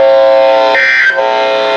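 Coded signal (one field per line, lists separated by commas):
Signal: Emergency Alert System (SAME) tones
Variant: end-of-message bursts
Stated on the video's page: Severe thunderstorm warning for Rock, Jefferson and Walworth counties, Wisconsin.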